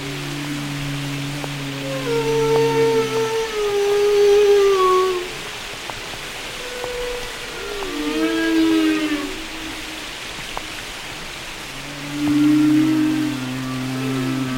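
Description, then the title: Whale song: repeated long moans and descending glides, with higher arching whoops between low sustained tones, over continuous hiss. Whale songs described as carrying messages used in communication and social life. "Whale Wisdom: Understanding the Language of the Deep"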